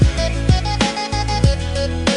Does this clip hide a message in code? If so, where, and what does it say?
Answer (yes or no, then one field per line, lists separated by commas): no